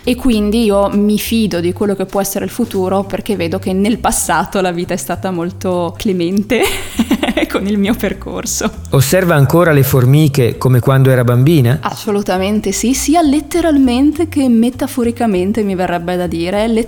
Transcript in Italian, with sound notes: E quindi io mi fido di quello che può essere il futuro perché vedo che nel passato la vita è stata molto clemente [risatina] con il mio percorso. Osserva ancora le formiche come quando era bambina? Assolutamente sì, sia letteralmente che metaforicamente mi verrebbe da dire.